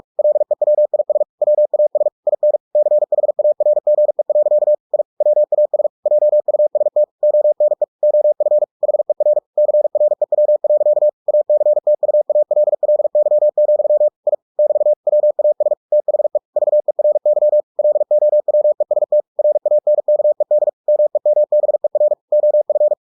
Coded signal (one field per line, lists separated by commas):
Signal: Morse code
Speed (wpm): 46 wpm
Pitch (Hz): 600 Hz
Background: none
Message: LEWIS WAS IN CHARGE. I WAS JUST ONE OF HER CREW. ACTUALLY, I <BT> WAS THE VERY LOWEST RANKED MEMBER OF